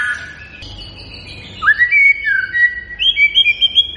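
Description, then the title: White-rumped shama song: after a quiet start, a rising whistle followed by steady drawn-out notes and a fast series of short high chirps. Singing persistently; lure recording meant to make birds respond immediately. "MURAI BATU GACOR"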